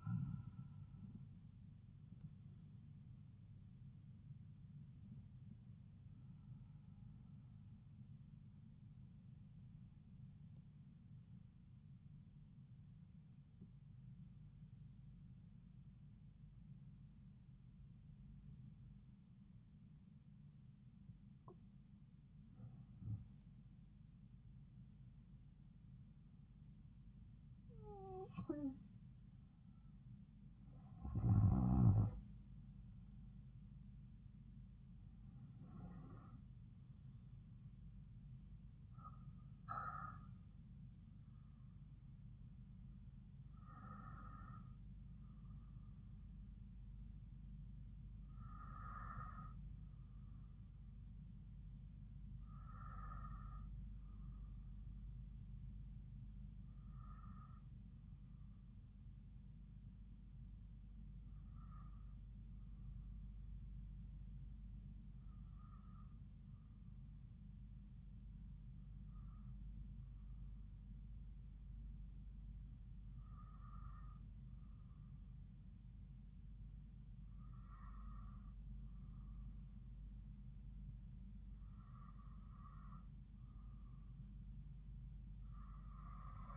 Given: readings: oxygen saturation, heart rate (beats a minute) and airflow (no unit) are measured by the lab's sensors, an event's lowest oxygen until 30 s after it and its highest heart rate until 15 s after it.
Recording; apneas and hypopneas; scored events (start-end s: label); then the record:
breathing in sleep by a smartphone at the bedside; 1
4.00-34.00 s: new sleep stage, N1 (lightest sleep)
10.00-30.90 s: hypopnea (N1, oxygen 97% highest, then 93% lowest)
34.00-86.57 s: new sleep stage, N2 (light sleep)
From the record:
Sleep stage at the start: N2 (light sleep); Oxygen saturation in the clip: 92 to 97%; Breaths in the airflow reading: 17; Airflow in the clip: -6.2 to 7.5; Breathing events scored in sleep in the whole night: 270 in 6.1 hours asleep